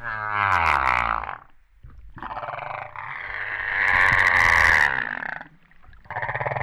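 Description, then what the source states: Humpback whale song: a harmonic cry, then a long sustained buzzy roar lasting several seconds, followed by the start of another pulsed moan. Recorded off Réunion on 13 September 2011, about 08:35.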